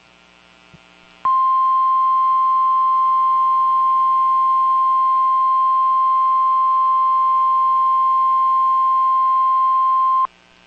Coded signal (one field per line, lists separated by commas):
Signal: Emergency Alert System (SAME) tones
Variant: 1050 Hz attention tone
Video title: Wisconson Tornado Drill On KGG95 4/10/25 (EAS #4039)